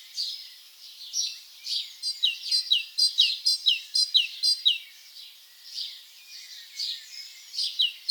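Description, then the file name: Great tit song: rapid series of high, sharply dropping notes repeated about twice per second, with a brief lull. "Parus major"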